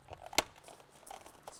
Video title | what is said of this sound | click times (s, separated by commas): TOUSCHALETS.COM - Mini tuto : installation d'une gouttière sur un abri toit double pente | une fois que c'est bien clipsé ça doit être | 0.4 s